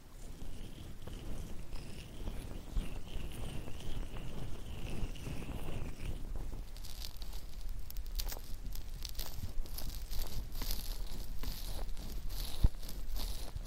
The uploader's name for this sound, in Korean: 쇠 귀이개 귀청소 , 귀 마사지 stainless ear pick , ear massage